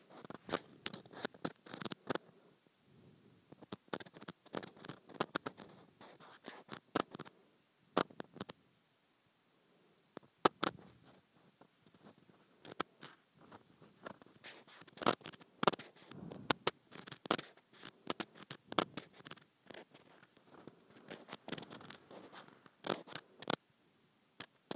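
Scratching across a textured plastic surface, made of dense bursts of short, bright rasping strokes. The scraping comes in irregular flurries with brief pauses, busiest at the start and again from about ten seconds on, with sharp clicks standing out now and then.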